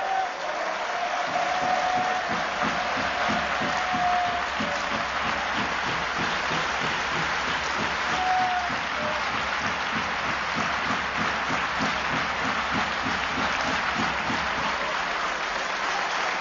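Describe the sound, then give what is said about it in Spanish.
A large stadium crowd at the Estadio Vicente Calderón applauds steadily in tribute to the late Atlético de Madrid player Juan Carlos Arteche in the fourth minute of the match, a dense, sustained wash of clapping with a faint rhythmic pulse and no clear pauses. “Prácticamente todo el campo aplaudiendo al fallecido Juan Carlos Arteche, gran jugador de Atlético de Madrid, histórico personaje de la época gloriosa de este conjunto.”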